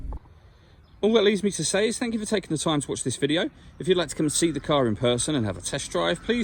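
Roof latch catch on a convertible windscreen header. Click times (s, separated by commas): 0.1 s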